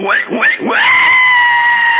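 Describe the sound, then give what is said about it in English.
A pig squealing as a canary steps on it and kills it: two quick rising yelps, then one long, loud, shrill squeal held at a steady high pitch for over a second. “Our canary stepped on the pig and killed it.”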